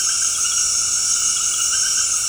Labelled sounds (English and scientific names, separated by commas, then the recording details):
none
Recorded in dense forest near Puerto Asís, Putumayo, Colombia, on 21 February 2024 at 19:00
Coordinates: 0.485, -76.318
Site G6408